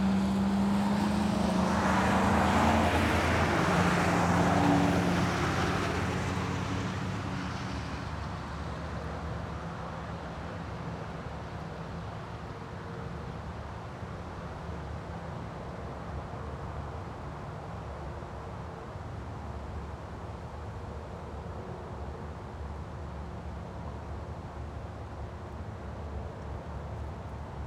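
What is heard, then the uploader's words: A vehicle swishes past on a wet road in the first six seconds, its tire hiss loud with a low engine hum, then fading away. After that a soft, steady outdoor wash with a low rumble continues evenly to the end. Light Breeze and Wet Road.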